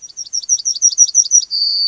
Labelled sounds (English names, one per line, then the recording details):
Yellowhammer song
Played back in grassland
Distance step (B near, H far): B
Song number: 145